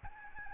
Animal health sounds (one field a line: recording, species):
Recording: mosquito wingbeat signal from an infrared sensor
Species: Aedes albopictus